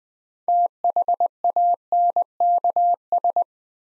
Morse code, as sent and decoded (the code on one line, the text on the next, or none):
- .... .- -. -.- ...
THANKS